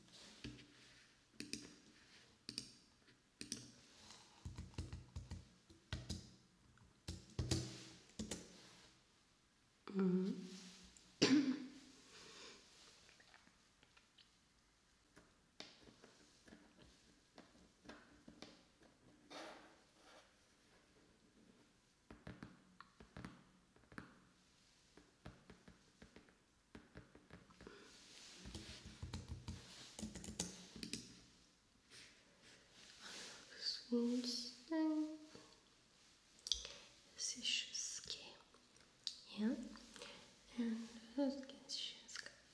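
Unintelligible whispering comes in short, breathy bursts separated by pauses, with a few brief voiced sounds near 10 and 34 seconds. Soft clicks and taps scatter throughout, and a low steady hum sits underneath. The whispers grow busier after about 28 seconds.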